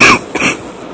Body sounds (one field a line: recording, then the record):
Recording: coughing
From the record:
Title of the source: 31 night wet cough